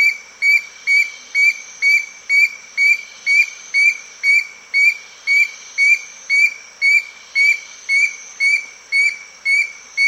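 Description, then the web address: Black-crowned antpitta: a regular string of whistled notes, repeated about twice a second throughout. South America. "Natures Songs S America Black-Crowned Antpitta"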